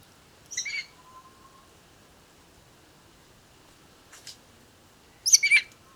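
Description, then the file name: Eurasian jay uttering two harsh, noisy screeches about four and a half seconds apart, with a brief faint rasp shortly before the second. "Garrulus glandarius"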